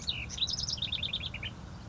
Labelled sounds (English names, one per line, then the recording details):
House Wren
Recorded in Sonoma County, California